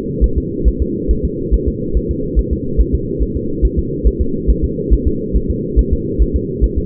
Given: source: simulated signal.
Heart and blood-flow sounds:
fetal heart sounds
0.24 s: S1
0.38 s: S2
0.68 s: S1
0.82 s: S2
1.11 s: S1
1.25 s: S2
1.54 s: S1
1.68 s: S2
1.97 s: S1
2.11 s: S2
2.39 s: S1
2.53 s: S2
2.81 s: S1
2.95 s: S2
3.23 s: S1
3.37 s: S2
3.65 s: S1
3.79 s: S2
4.07 s: S1
4.21 s: S2
4.50 s: S1
4.64 s: S2
4.93 s: S1
5.08 s: S2
5.36 s: S1
5.51 s: S2
5.79 s: S1
5.93 s: S2
6.22 s: S1
6.36 s: S2
6.64 s: S1
6.78 s: S2
From the record:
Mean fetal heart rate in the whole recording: 140 bpm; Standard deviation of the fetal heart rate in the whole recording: 2 bpm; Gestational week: 34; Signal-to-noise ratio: -6.6 dB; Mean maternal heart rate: 72 bpm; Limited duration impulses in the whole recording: present

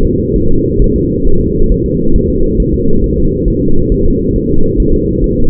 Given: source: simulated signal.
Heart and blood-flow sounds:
fetal heart sounds
0.05 s: S2
0.36 s: S1
0.51 s: S2
0.82 s: S1
0.96 s: S2
1.27 s: S1
1.41 s: S2
1.72 s: S1
1.86 s: S2
2.16 s: S1
2.30 s: S2
2.60 s: S1
2.74 s: S2
3.04 s: S1
3.18 s: S2
3.48 s: S1
3.62 s: S2
3.92 s: S1
4.06 s: S2
4.36 s: S1
4.50 s: S2
4.80 s: S1
4.94 s: S2
5.24 s: S1
5.38 s: S2
From the record:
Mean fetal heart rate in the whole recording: 135 bpm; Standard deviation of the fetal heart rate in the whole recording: 3 bpm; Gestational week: 36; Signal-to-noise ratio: -19.1 dB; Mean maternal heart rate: 72 bpm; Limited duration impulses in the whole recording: present

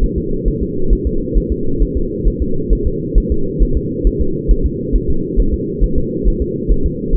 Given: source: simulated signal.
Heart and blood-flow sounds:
fetal heart sounds
0.04 s: S1
0.18 s: S2
0.48 s: S1
0.62 s: S2
0.93 s: S1
1.07 s: S2
1.38 s: S1
1.52 s: S2
1.82 s: S1
1.97 s: S2
2.28 s: S1
2.42 s: S2
2.73 s: S1
2.87 s: S2
3.18 s: S1
3.32 s: S2
3.62 s: S1
3.77 s: S2
4.07 s: S1
4.21 s: S2
4.51 s: S1
4.66 s: S2
4.96 s: S1
5.10 s: S2
5.40 s: S1
5.54 s: S2
5.84 s: S1
5.98 s: S2
6.28 s: S1
6.42 s: S2
6.72 s: S1
6.86 s: S2
7.15 s: S1
From the record:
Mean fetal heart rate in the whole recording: 135 bpm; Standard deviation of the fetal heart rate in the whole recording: 3 bpm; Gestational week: 36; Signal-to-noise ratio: -8.1 dB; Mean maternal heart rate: 72 bpm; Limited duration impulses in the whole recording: absent

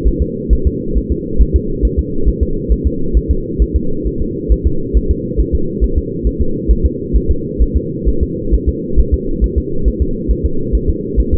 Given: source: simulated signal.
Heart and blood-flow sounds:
fetal heart sounds
0.07 s: S1
0.22 s: S2
0.53 s: S1
0.67 s: S2
0.97 s: S1
1.12 s: S2
1.41 s: S1
1.56 s: S2
1.85 s: S1
1.99 s: S2
2.28 s: S1
2.43 s: S2
2.72 s: S1
2.87 s: S2
3.17 s: S1
3.31 s: S2
3.62 s: S1
3.76 s: S2
4.07 s: S1
4.22 s: S2
4.52 s: S1
4.67 s: S2
4.97 s: S1
5.11 s: S2
5.40 s: S1
5.55 s: S2
5.84 s: S1
5.98 s: S2
6.27 s: S1
6.41 s: S2
6.71 s: S1
6.86 s: S2
7.16 s: S1
7.31 s: S2
7.62 s: S1
7.77 s: S2
8.08 s: S1
8.23 s: S2
8.54 s: S1
8.69 s: S2
9.00 s: S1
9.14 s: S2
9.44 s: S1
9.58 s: S2
9.88 s: S1
10.02 s: S2
10.31 s: S1
10.46 s: S2
10.75 s: S1
10.90 s: S2
11.19 s: S1
11.34 s: S2
From the record:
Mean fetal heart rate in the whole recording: 135 bpm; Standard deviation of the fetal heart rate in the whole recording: 3 bpm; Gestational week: 34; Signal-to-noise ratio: -8.1 dB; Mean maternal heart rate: 72 bpm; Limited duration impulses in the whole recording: absent

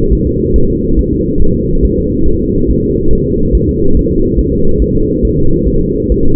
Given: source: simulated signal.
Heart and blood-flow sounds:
fetal heart sounds
0.13 s: S1
0.27 s: S2
0.56 s: S1
0.70 s: S2
0.99 s: S1
1.13 s: S2
1.42 s: S1
1.56 s: S2
1.85 s: S1
1.99 s: S2
2.28 s: S1
2.42 s: S2
2.70 s: S1
2.84 s: S2
3.13 s: S1
3.27 s: S2
3.55 s: S1
3.69 s: S2
3.97 s: S1
4.11 s: S2
4.39 s: S1
4.53 s: S2
4.82 s: S1
4.96 s: S2
5.25 s: S1
5.39 s: S2
5.68 s: S1
5.82 s: S2
6.12 s: S1
6.26 s: S2
From the record:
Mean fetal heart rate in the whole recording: 140 bpm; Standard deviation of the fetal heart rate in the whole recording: 2 bpm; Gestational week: 34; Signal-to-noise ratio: -19.1 dB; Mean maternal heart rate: 72 bpm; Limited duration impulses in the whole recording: present

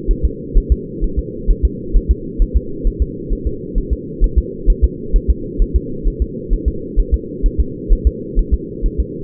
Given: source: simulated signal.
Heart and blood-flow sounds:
fetal heart sounds
0.11 s: S1
0.25 s: S2
0.57 s: S1
0.72 s: S2
1.04 s: S1
1.19 s: S2
1.51 s: S1
1.65 s: S2
1.96 s: S1
2.11 s: S2
2.42 s: S1
2.56 s: S2
2.87 s: S1
3.02 s: S2
3.33 s: S1
3.47 s: S2
3.78 s: S1
3.93 s: S2
4.24 s: S1
4.38 s: S2
4.70 s: S1
4.84 s: S2
5.16 s: S1
5.30 s: S2
5.62 s: S1
5.76 s: S2
6.07 s: S1
6.22 s: S2
6.53 s: S1
6.68 s: S2
7.00 s: S1
7.14 s: S2
7.46 s: S1
7.60 s: S2
7.93 s: S1
8.07 s: S2
8.39 s: S1
8.54 s: S2
8.86 s: S1
9.00 s: S2
From the record:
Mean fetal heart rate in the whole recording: 130 bpm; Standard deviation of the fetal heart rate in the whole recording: 2 bpm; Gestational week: 38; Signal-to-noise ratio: -4.3 dB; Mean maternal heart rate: 72 bpm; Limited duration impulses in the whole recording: absent

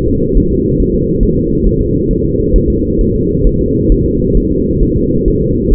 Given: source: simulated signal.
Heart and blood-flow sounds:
fetal heart sounds
0.08 s: S2
0.37 s: S1
0.52 s: S2
0.80 s: S1
0.94 s: S2
1.23 s: S1
1.37 s: S2
1.66 s: S1
1.81 s: S2
2.11 s: S1
2.25 s: S2
2.56 s: S1
2.70 s: S2
3.01 s: S1
3.15 s: S2
3.47 s: S1
3.61 s: S2
3.92 s: S1
4.06 s: S2
4.37 s: S1
4.51 s: S2
4.83 s: S1
4.97 s: S2
5.28 s: S1
5.42 s: S2
5.73 s: S1
From the record:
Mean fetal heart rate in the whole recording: 135 bpm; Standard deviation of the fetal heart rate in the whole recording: 3 bpm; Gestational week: 36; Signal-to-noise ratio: -10.2 dB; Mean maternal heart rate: 72 bpm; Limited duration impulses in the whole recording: present

